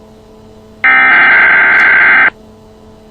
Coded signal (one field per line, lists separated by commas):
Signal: Emergency Alert System (SAME) tones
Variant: header bursts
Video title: EAS Alert SALK NOPP